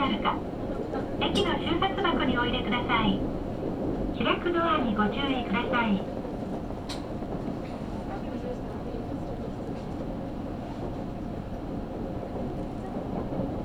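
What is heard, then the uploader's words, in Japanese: A train rumbles steadily through the whole stretch, a dense low roar that stays even. In the first six seconds a voice makes announcements in two bursts over the noise, and a brief sharp click lands near the seven-second mark. 唐津線・長崎本線 佐賀→久保田→肥前山口。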